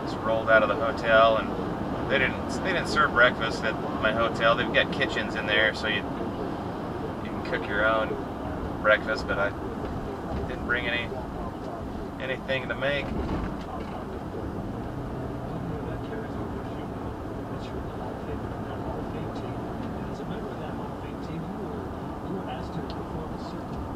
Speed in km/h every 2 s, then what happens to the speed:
111, 111, 106, 97, 90, 79, 74, 76, 81, 84, 84, 82.
3-11 brakes to 74.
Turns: none.